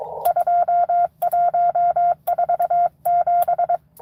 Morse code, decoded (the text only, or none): 2147